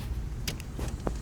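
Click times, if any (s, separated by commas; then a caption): none. A shift cable end retainer is handled at its bracket on a Numeric Racing NM400 short shifter (991/992/718/981), being twisted down and rotated toward the spot where it will snap in. Two brief sharp handling sounds stand out over a low steady background rumble. Nothing has seated or clicked yet.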